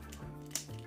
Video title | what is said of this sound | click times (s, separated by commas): TMan978's HOW TO: Transform MP Skids, Reboost, DIABURNOUT, Crosscut to Robot & Vehicle Mode | now we can bring out this toe till that snaps | 0.6 s